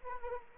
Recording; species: mosquito wingbeat signal from an infrared sensor; Anopheles arabiensis